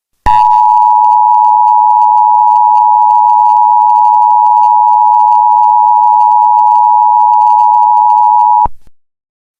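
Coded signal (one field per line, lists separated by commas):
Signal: Emergency Alert System (SAME) tones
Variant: 853 and 960 Hz attention tone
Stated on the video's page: Fictional EAS scenario story.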